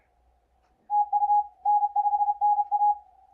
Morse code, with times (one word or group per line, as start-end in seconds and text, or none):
0.9-1.4 TU
1.7-2.9 N5NA